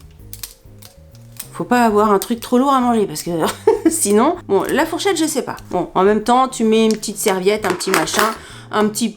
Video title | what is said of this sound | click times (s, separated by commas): 14 objets Temu pour un bureau nickel, zéro regret ✅ | Clic, clic, clic. | 0.3 s, 0.4 s, 1.4 s